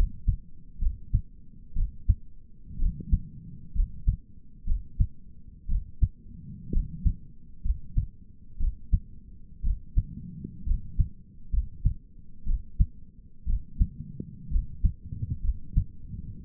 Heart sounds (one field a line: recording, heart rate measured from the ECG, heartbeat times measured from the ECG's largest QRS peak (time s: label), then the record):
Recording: heart sounds by stethoscope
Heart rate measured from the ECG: 62 bpm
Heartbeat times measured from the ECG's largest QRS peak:
0.82 s: heartbeat
1.76 s: heartbeat
2.80 s: heartbeat
3.75 s: heartbeat
4.67 s: heartbeat
5.69 s: heartbeat
6.73 s: heartbeat
7.65 s: heartbeat
8.60 s: heartbeat
9.64 s: heartbeat
10.67 s: heartbeat
11.53 s: heartbeat
12.47 s: heartbeat
13.47 s: heartbeat
14.51 s: heartbeat
15.44 s: heartbeat
From the record:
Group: healthy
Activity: rest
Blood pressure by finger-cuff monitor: 127/74 mmHg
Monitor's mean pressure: 89 mmHg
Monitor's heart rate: 64 bpm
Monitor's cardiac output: 5.8 L/min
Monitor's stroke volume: 94 mL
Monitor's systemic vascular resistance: 1110 dyn s/cm5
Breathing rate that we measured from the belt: 16 breaths a minute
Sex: male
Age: 22 years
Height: 181 cm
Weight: 79 kg